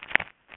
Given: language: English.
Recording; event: throat vibration sensor signal played as sound; swallow